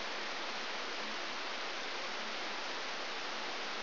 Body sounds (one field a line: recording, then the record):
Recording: brain microelectrode recording played as sound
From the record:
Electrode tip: outside the subthalamic nucleus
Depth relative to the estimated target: -5 mm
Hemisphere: left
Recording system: AlphaMap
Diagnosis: Parkinson's disease